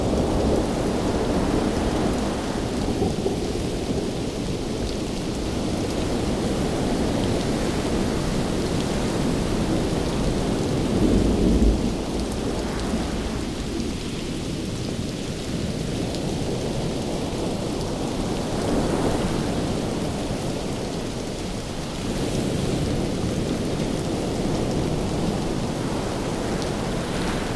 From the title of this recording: Thunder And Lightning Rain Sounds On Ocean Waves